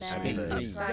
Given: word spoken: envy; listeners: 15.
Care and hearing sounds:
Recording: one English word in noise, from a listening test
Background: four-talker babble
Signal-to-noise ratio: -2.3 dB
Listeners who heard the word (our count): 0 of 15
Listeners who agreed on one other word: 11 of 15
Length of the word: 0.53 s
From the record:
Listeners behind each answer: 11, 1, 1, 1, 1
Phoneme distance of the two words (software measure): 34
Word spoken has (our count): 2 syllables, 4 phonemes, stress on syllable 1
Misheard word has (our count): 1 syllable, 4 phonemes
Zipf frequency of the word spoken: 3.64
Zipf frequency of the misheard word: 4.91

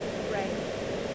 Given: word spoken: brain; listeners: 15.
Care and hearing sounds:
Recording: one English word in noise, from a listening test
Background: speech-shaped noise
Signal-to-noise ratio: -5.5 dB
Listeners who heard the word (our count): 0 of 15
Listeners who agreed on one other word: 7 of 15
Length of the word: 0.74 s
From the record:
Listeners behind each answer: 7, 2, 2, 1, 1, 1, 1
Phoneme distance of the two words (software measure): 7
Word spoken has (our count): 1 syllable, 4 phonemes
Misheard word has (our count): 1 syllable, 3 phonemes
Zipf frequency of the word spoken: 4.84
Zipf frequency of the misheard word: 5.08

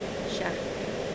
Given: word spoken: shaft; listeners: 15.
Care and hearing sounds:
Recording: one English word in noise, from a listening test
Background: speech-shaped noise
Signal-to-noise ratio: -6.4 dB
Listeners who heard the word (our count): 3 of 15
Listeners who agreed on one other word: 7 of 15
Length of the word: 0.75 s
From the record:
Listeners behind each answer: 7, 3, 1, 1, 1, 1, 1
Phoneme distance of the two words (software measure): 27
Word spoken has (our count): 1 syllable, 4 phonemes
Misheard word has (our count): 1 syllable, 3 phonemes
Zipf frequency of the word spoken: 3.60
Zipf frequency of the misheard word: 3.23

